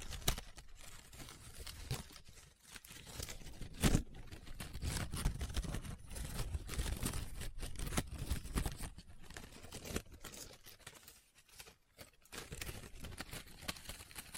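Paper is handled up close, folded, rubbed and crinkled in a continuous run of rustling and scraping with no real pauses. The texture is dense and irregular, with sharper crackles scattered throughout and one pronounced snap near the four-second mark, then softer, patchier rubbing toward the end.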